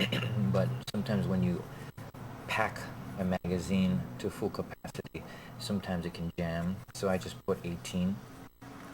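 Someone talks while handling the built-in magazine of an Umarex Colt Defender CO2 BB pistol, preparing to pull its spring-loaded BB follower all the way back to latch it open for loading. A few brief handling noises come around 4.9 to 5.2 seconds. Nothing has seated or clicked yet; the follower has not locked into place when the clip ends.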